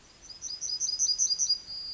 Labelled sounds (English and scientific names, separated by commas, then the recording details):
Yellowhammer (Emberiza citrinella) song
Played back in forest
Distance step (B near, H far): D
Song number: 105